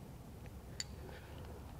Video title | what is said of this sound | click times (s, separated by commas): Rebuild Carburetor And Pump On Thrown Away Honda Pressure Washer | you can definitely feel them click into place one | 0.8 s